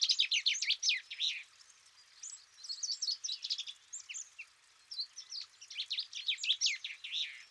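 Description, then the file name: Common chaffinch song: several phrases of falling trilled notes ending in flourishes. "Fringilla coelebs"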